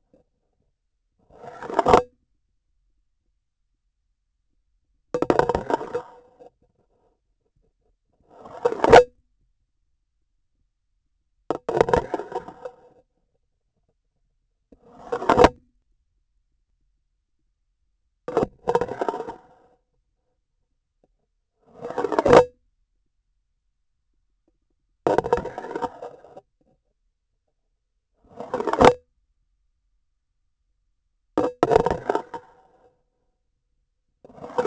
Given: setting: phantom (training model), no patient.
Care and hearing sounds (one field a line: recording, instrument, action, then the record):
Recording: laparoscopic instrument, vibration sensor on the handle end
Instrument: grasping forceps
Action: insertion and removal through the trocar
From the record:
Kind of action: spatial motion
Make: Olympus